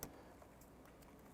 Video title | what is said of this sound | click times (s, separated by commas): How to Replace Throttle Body 2006-2013 Chevrolet Impala | then you want to press on our little gray lock tab | 0.0 s